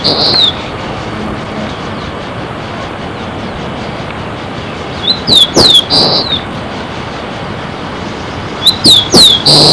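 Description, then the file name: Rufous-collared sparrow song: short phrases of high, clear, down-slurred whistles, repeated a few times, over loud constant background noise. "chincol"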